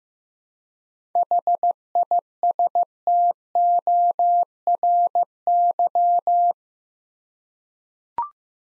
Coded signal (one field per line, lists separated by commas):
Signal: Morse code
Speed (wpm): 15 wpm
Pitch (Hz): 700 Hz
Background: none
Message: HISTORY